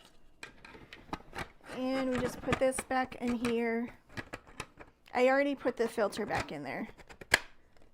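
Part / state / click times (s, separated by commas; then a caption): plastic filter cover into the air purifier housing / seated / 7.3 s. A plastic filter cover is pushed back into the housing of a Cobectal air purifier after the filter has been put back in. Someone talks while light handling taps sound, then one sharp, loud snap at 7.3 s shows the cover seated firmly in place.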